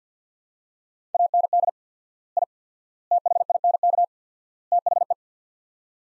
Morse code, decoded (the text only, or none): AND I THINK THE